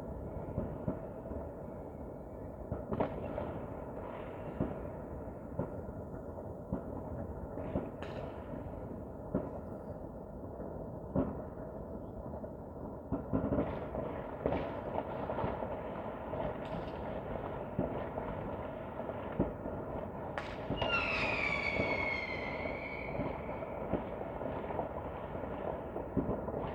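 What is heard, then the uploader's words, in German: New Year's Eve fireworks: a steady low rumble with frequent sharp bangs and crackles, and a whistling rocket sliding downward around twenty-one seconds. Silvesternacht: Feuerwerk und Freude.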